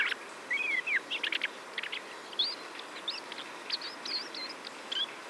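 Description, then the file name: Common blackbird giving short whistled and slurred notes in quick irregular bursts, some rising and some falling, over a steady background hiss. "Turdus merula"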